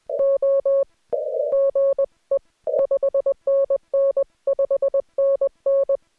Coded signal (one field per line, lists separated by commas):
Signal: Morse code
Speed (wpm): 20 wpm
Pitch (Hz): 560 Hz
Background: none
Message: O GE 5NN 5NN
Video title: Morse Code Head Copy Practice | No interruptions